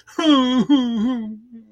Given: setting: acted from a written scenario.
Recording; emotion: vocal sound without words; sadness